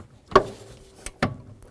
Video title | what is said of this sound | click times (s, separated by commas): How to Replace A/C Condenser 1994-2004 Chevy S-10 | there we are i heard a little click i'm going to give it a nice wiggle trying to pull it away make sure it's 100 secure | 0.4 s, 1.2 s